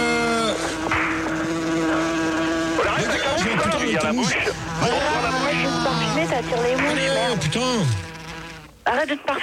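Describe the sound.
A voice imitates a buzzing fly, droning steadily with wavering, swooping pitch for several seconds before breaking off into a few short noises.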